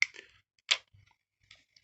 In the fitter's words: Because I develop my own films, when you heard that click, that's when I normally stop,